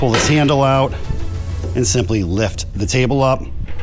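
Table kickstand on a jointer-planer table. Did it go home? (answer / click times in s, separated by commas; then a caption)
no / none. Someone talks while pulling a handle out and lifting the cast-iron infeed table of a 2025 SCM minimax fs 41e 16″ 1-phase jointer-planer with Tersa heads, raising it toward its table kickstand. The clip ends before the kickstand drops into place, so nothing has seated or clicked yet.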